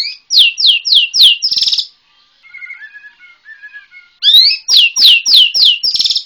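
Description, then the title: White-rumped shama song: loud repeated down-slurred whistles ending in a buzzy note, a soft warbled interlude, then the loud series again. Bornean white-rumped shama. "MURAI BORNEO MAS KIKI"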